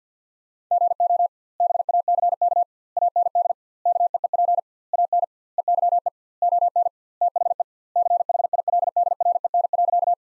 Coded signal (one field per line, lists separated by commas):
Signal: Morse code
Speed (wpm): 50 wpm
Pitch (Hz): 700 Hz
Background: none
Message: GO BACK AND KEEP AN EYE ON THE CHILDREN.